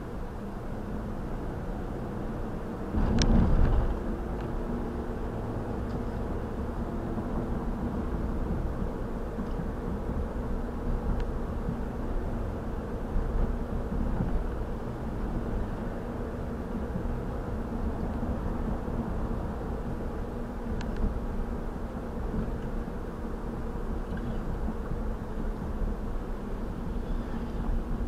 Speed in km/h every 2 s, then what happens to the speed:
61, 66, 68, 69, 71, 68, 68, 68, 68, 68, 68, 64, 61, 55.
0-5 speeds up to 69. 5-20 steady at about 68. 20-28 slows to 55.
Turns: none.